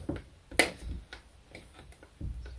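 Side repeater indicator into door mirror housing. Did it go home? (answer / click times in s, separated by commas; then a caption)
yes / 0.6 s. A new plastic AGM Vision dynamic side repeater indicator is pushed into the door mirror housing of a Peugeot 208 / 2008. It seats with one sharp, bright click at 0.6 s, among quieter taps and handling noises, and it is confirmed clipped in.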